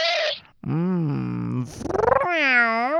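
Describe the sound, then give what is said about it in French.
A person imitates a kitten's meows in a series of high, wavering, nasal mews, some sliding up and down in pitch, with a brief pause after the first and a pulsing, trilled call near the end. “Elle aime ça quand je fais le chaton.”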